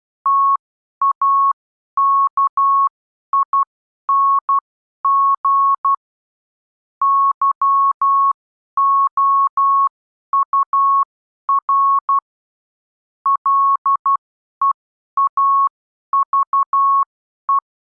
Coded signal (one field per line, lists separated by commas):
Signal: Morse code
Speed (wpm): 12 wpm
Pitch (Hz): 1100 Hz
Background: none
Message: TAKING YOUR LEAVE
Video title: Improve Your Morse Code: The Next Stage - Subconscious Familiarisation